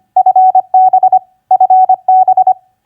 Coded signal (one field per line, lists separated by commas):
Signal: Morse code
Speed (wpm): 25 wpm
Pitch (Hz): 750 Hz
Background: none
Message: FB FB